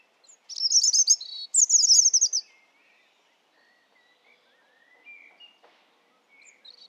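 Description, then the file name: European robin song with two quick trilled bursts of high, sparkling notes, followed by several seconds of near silence broken by a few faint thin notes. "Erithacus rubecula"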